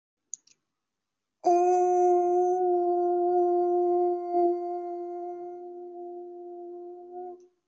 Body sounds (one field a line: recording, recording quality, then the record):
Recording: sustained vowel as in boot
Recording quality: excellent, no background noise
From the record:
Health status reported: COVID-19 positive, mild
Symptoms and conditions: cough, cold, diabetes, ischaemic heart disease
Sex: female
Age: 52 years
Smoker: not ticked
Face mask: not worn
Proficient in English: no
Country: India